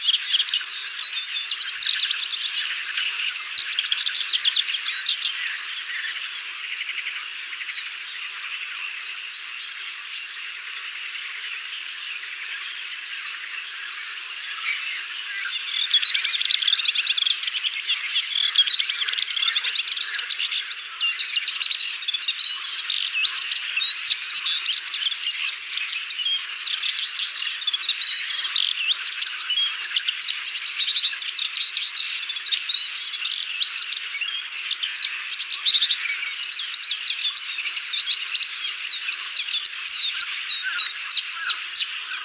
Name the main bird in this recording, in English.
Moustached Warbler